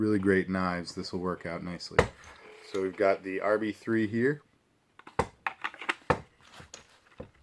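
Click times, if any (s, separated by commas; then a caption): none. Someone talks, then handles a small fixed-blade RB3 knife at its custom molded kydex sheath, producing a series of short, sharp taps and knocks from about 5.2 to 6.1 s, with fainter handling noise after. The knife is handled but not yet home: nothing has seated or clicked yet.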